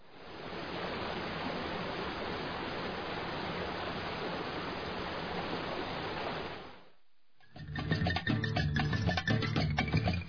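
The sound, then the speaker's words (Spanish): A steady, roaring rush of falling water from the Cóndor Machay waterfall, about 300 metres high, in a nature reserve in Rumipamba parish, 17 km from Sangolquí, fills the first seven seconds, constant and loud, then cuts to a brief silence before louder tonal, music-like sound takes over. “Si buscas aventura, sin duda la cascada del Cóndor Machay será el lugar indicado.”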